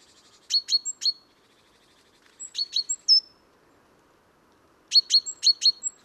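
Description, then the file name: Great tit giving short runs of sharp, high chipping notes, with pauses between groups and a final longer burst. "Parus major"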